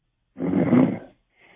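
Snoring from an adult heard over a phone line; a caller who had been on hold for about 32 minutes, probably in bed, fell asleep and snores in the background.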